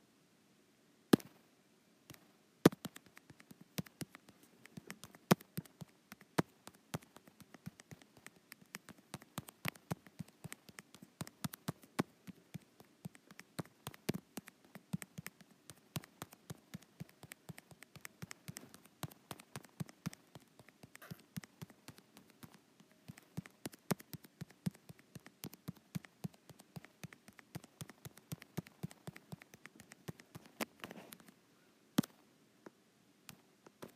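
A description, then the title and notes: Crisp taps on a touch screen, arriving in quick, irregular bursts that thicken through the middle and thin out toward the start and end. A few sharper, louder clicks stand out. A soft, low hum sits steadily underneath. ASMR Touch Screen.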